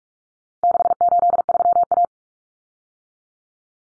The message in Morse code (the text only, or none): 683A